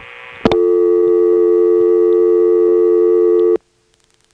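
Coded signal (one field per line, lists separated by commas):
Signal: telephone call progress tone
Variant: North America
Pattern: dial tone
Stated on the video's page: Step-by-step telephone exchange with ESS tones in Washington, North Carolina, 1977.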